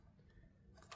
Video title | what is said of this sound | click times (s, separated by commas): Bosch, 10" model CM10GD miter saw. Kerf shadow light Installation. | And then slide this side down till it snaps in. | 0.9 s